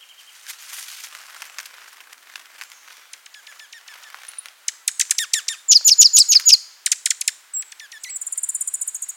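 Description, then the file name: Dark-eyed junco giving scattered high chips that build into bursts of quick notes, ending with a steady, evenly spaced high trill. Oregon group. "Junco hyemalis Oregon group - Dark-eyed Junco"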